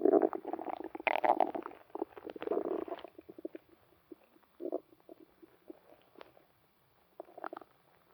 Stomach Noises.